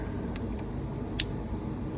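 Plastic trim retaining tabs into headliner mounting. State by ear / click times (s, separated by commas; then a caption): seated / 0.4 s, 1.2 s. Plastic trim retaining tabs on the second side are pushed back into the headliner mounting until they click into place, over a steady low rumble. Sharp clicks are heard at 0.4 s and, louder, at 1.2 s, and the tabs end up seated.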